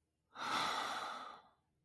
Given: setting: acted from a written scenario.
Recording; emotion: vocal sound without words; guilt